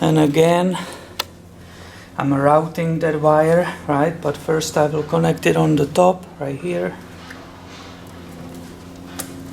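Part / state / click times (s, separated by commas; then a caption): spark plug wire end onto top terminal / seated / 9.2 s. Someone talks while routing a new Subaru spark plug wire and connecting its other end onto the top terminal. A short, sharp click at 9.2 s marks the wire end seating onto the top connector.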